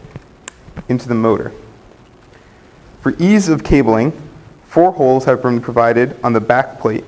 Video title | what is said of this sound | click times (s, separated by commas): Fab@Home Model 2 Build: Stage III Sections 4-7 | until it snaps, and then take the other end and snap it into the motor. | 0.5 s